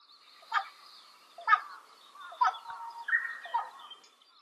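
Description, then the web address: Carrion crow giving several harsh, spaced caws. Recorded at Mihara on 30 May 2013. "koe hasiboso 130530 mihara ito"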